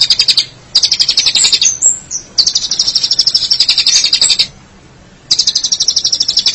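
Long-tailed Shrike song: fast, high rattling chatter in bursts, broken by a few slurred whistles and short pauses.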